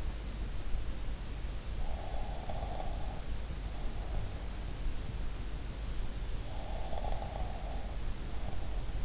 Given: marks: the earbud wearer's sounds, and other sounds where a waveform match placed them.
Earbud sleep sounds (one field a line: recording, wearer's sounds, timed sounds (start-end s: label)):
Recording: sounds in sleep by an in-ear microphone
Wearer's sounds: snoring breath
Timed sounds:
1.90-4.20 s: snoring breath
6.57-9.05 s: snoring breath